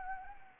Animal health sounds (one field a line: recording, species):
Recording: mosquito wingbeat signal from an infrared sensor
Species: Anopheles arabiensis